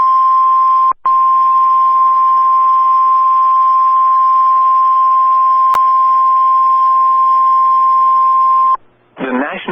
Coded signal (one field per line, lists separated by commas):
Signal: Emergency Alert System (SAME) tones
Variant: 1050 Hz attention tone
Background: speech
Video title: (VALID TONES) EAS Tornado Watch #517 on NOAA Weather Radio (10/10/21)